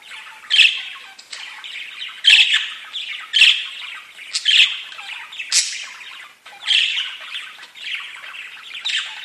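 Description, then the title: Budgerigar chattering: steady scratchy warbling with loud harsh squawks breaking through about once a second. "Budgie Sounds"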